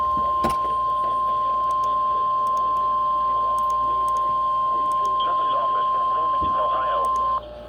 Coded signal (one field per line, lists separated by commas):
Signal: Emergency Alert System (SAME) tones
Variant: 1050 Hz attention tone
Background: speech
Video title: EAS/NWR Alert or message #310-311: Double header Severe Thunderstorm Warnings from ILN and CLE